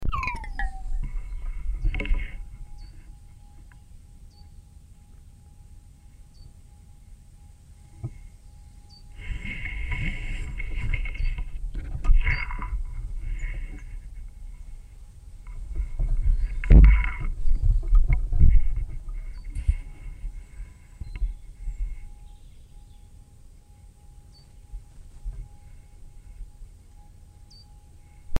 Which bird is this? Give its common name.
Short-toed Treecreeper